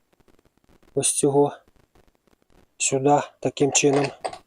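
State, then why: Not seated. Someone talks while fitting the cutting disc to a Procraft PTA24BL cordless string trimmer, putting the mounting nut onto the trimmer head shaft and pushing it into place. Faint, quiet taps and a short rattle of light hits are heard between the talking. The nut is handled but has not locked onto the shaft yet, and nothing has seated or clicked by the end of the clip.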